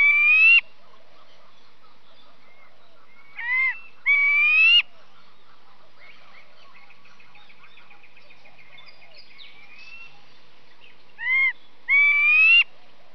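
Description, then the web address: Brown quail calling: loud, rising whistled notes, repeated in short bursts, with a faint trilling sound between them. "Brown. family quail"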